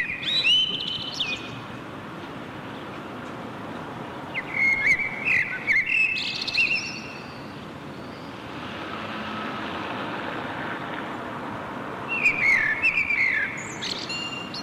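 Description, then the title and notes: Common blackbird singing several mellow whistled phrases with squeaky high twittering, separated by pauses, over a constant low hiss. Berlin, Germany; backyard; June 2003. "Amsel im Hinterhof, Berlin, Juni 2003. sent by maik johannsen"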